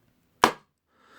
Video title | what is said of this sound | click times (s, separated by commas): E-Flite UMX P-47 Retracts | right there you'll hear that click they're pretty strong and I | 0.4 s